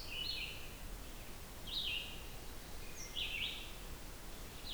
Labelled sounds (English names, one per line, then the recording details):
Red-eyed Vireo song
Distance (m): 30 m
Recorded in boreal forest in Alberta, Canada, on 16 June 2016 at 08:30
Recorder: SongMeter 3, array SBT-3-32
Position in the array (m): 47 m, 12 m